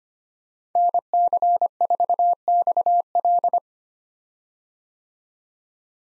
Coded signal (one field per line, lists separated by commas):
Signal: Morse code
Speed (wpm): 25 wpm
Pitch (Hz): 700 Hz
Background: none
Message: NC4XL